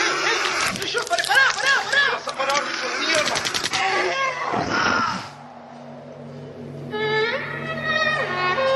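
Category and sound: sound effect, gunshots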